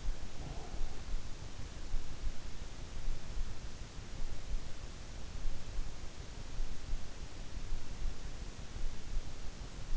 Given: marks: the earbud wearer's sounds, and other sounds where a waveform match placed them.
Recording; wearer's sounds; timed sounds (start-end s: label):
sounds in sleep by an in-ear microphone; breath
0.00-1.34 s: breath